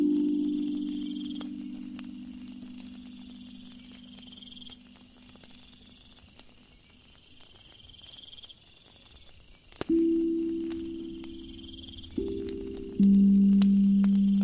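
Soft ringing drum tones fade slowly, struck anew near ten and twelve seconds, over steady high insect chirring and faint crackles.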